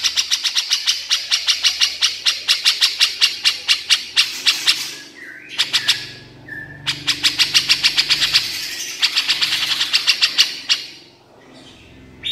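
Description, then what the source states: Horsfield's bush lark singing long runs of crisp, evenly spaced high ticks, briefly interrupted by a few thin whistled notes, then a quiet pause at the end. Masteran recording of a branjangan used to train other songbirds; described as super gacor, meaning singing continuously.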